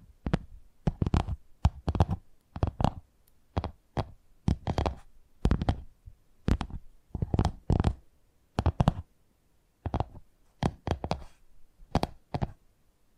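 Tingly tapping sounds arrive in quick clusters of sharp, crisp taps, often two or three close together, with brief silent gaps between groups. Each tap is bright and clicky with a dull knock underneath, and the pattern stays irregular but steady throughout.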